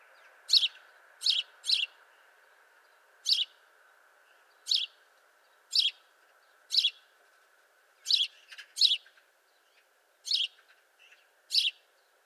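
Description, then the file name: House sparrow calling with loud, bright chirps, single or in quick pairs, about a dozen spread unevenly throughout against a faint steady hum. "Passer domesticus"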